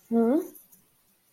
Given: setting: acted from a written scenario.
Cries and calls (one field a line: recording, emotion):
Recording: vocal sound without words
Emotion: confusion